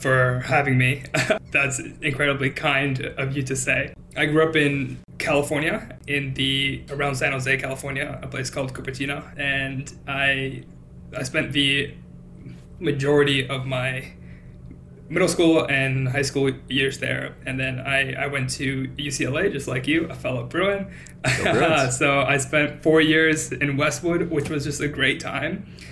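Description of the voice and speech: An adult man speaks conversationally with frequent stretched sounds, a repeated "I, I", and silent blocks of up to a second before words like "majority" and "middle." These are mild stuttering disfluencies, with most phrases otherwise fluent. He is 24, has stuttered his whole life, was a covert stutterer growing up, and his father also stutters.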